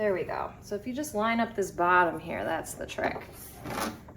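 A plastic back cover is being handled and its bottom edge lined up against the housing of a PuroAir 400 HEPA 14 air purifier while someone talks throughout. Two faint, brief sounds occur near the end, at 4.1 s and 4.2 s. Nothing has seated or clicked yet; the cover is not yet home when the clip ends.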